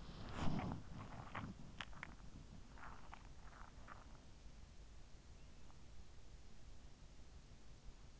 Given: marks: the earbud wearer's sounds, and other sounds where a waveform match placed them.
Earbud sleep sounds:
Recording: sounds in sleep by an in-ear microphone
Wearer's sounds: body movement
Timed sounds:
0.00-4.47 s: body movement

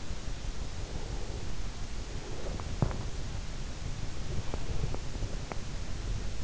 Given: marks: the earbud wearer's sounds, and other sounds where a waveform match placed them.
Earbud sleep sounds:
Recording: sounds in sleep by an in-ear microphone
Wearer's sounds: breath, swallowing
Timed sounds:
0.86-2.59 s: breath
2.78-3.14 s: swallowing
3.95-5.90 s: breath

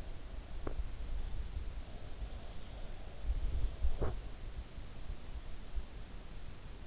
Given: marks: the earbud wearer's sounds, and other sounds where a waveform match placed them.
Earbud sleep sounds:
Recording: sounds in sleep by an in-ear microphone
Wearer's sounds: teeth grinding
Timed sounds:
0.42-0.97 s: teeth grinding

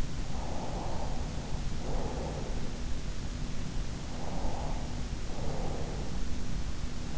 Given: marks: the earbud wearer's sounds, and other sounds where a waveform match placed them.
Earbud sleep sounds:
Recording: sounds in sleep by an in-ear microphone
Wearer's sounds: breath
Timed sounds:
0.33-2.67 s: breath
4.13-5.90 s: breath

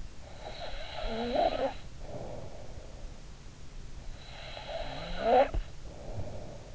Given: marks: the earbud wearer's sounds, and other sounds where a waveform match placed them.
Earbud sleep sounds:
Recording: sounds in sleep by an in-ear microphone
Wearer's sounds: snoring breath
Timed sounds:
0.38-3.25 s: snoring breath
4.17-6.75 s: snoring breath

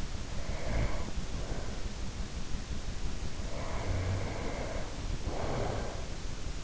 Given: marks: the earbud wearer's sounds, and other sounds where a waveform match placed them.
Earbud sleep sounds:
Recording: sounds in sleep by an in-ear microphone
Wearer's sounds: breath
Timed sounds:
0.00-1.91 s: breath
3.18-6.10 s: breath

